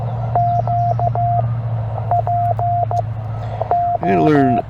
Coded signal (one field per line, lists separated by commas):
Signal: Morse code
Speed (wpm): 15 wpm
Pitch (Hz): 700 Hz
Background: speech, radio noise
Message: Q PO